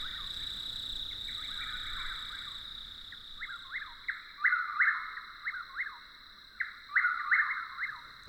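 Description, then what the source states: Chuck-will's-widow singing, repeated whistled phrases over a constant high hum. Two birds calling back and forth with reverberant songs in a clearing at night; Apalachicola forest, longleaf pine flatwoods.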